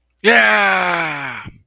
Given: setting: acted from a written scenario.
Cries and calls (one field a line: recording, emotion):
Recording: vocal sound without words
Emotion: triumph